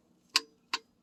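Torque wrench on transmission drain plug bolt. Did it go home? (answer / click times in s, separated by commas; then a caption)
yes / 0.4 s. A torque wrench set to 35 ft-lb tightens an already hand-tightened transmission drain plug bolt on a 2015–2021 Kia Sedona / Sorento 3.3L until the wrench breaks over. A sharp click is heard at 0.4 s, followed by a second, quieter click at 0.7 s. The wrench clicks at its torque setting on the drain plug.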